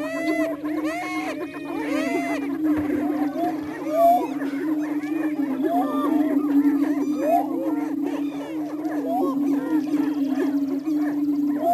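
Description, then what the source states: Greater prairie chicken lek sounds: an unbroken low droning boom beneath dense, repeated cackling and whooping calls, some sharp rising notes, all from many birds at once. Missouri.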